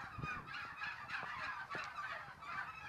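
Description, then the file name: Turkey calls: dense, overlapping harsh calls, continuous throughout, with a noisy background. Eastern Switzerland, 26 November 2020. "201126 Truthahn Ostschweiz"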